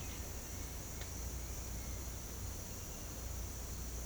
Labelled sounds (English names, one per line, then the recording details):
none
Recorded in secondary vegetation near Puerto Asís, Putumayo, Colombia, on 18 December 2024 at 07:00
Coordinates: 0.468, -76.324
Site G095